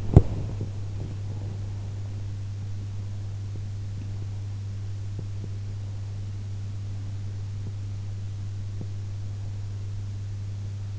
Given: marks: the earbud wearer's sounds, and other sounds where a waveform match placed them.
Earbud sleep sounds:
sounds in sleep by an in-ear microphone; body movement
0.00-10.99 s: body movement

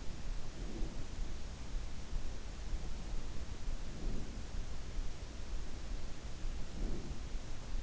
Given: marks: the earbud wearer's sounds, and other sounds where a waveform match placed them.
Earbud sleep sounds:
sounds in sleep by an in-ear microphone; breath
0.40-1.06 s: breath
3.74-4.42 s: breath
6.61-7.19 s: breath

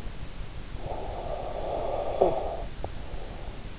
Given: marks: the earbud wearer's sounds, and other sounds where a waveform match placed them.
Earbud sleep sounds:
sounds in sleep by an in-ear microphone; snoring breath
0.67-3.61 s: snoring breath

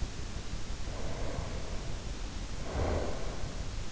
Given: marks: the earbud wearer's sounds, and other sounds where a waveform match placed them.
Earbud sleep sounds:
sounds in sleep by an in-ear microphone; breath
0.72-3.65 s: breath

